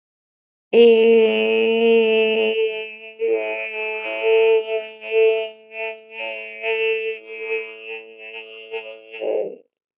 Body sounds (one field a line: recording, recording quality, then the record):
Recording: sustained vowel as in made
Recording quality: excellent, no background noise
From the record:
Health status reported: healthy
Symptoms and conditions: none ticked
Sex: female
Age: 25 years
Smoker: not ticked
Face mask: not worn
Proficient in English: yes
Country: India